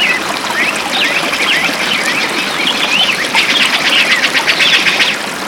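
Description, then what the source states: Many birds calling together, sharp rising and falling chirps tumbling over one another against a constant loud background rush. Spring.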